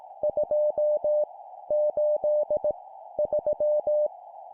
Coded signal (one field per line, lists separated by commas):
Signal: Morse code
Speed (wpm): 18 wpm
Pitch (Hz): 600 Hz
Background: none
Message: 2 8 3